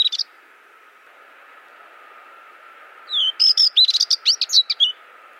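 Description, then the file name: White-eye song: a short chirp at the start, then a quick run of high, twittering, warbled notes after a pause, over a steady low hum. "suara kicauan warbler kacamata"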